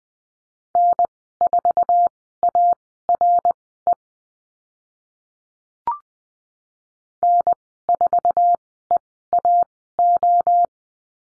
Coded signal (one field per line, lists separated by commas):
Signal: Morse code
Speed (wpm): 20 wpm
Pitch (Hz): 700 Hz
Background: none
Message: N4ARE N4EAO